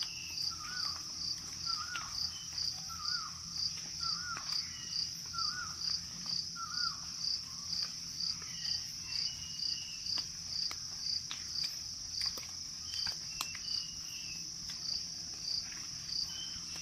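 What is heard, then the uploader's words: Jungle sounds: a steady, rapidly pulsing high insect chirr runs throughout, while a bird repeats short mid-pitched calls early on over a low rumble. Jungle Sounds - Soothing Sounds of the Jungle with Paradise Birds to help you sleep and relax.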